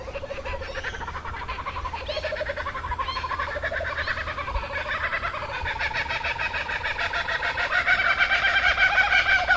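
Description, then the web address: Kookaburra group calling, a building laugh of fast repeated chuckles and rising cackles that grows louder toward the end, several birds overlapping. "Sound Effects-Foundation 1 BIRD KOOKABURRA GROUP"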